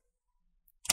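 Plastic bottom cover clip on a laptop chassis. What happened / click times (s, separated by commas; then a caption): A plastic cover clip snapped loose / 0.9 s. A guitar-pick opening tool wedged between the top and bottom covers of an HP Envy x360 m6-aq laptop is twisted toward the screen. After near silence and a faint tick at 0.7 s, a loud, sharp click at 0.9 s marks the plastic retaining clip of the bottom cover popping open and releasing.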